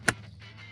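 On a 2024–2026 Hyundai Kona, the plastic cabin air filter access cover, with its left tab slid in first, is swung closed like a door into the HVAC housing behind the glove box. It gives one sharp, bright click at 0.1 s, followed by a quiet, steady low hum. The cover clicks shut and is seated.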